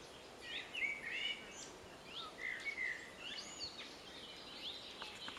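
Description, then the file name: Common blackbird song: two fluty, warbling phrases, with thin high squeaks, over background noise. "Turdus merula"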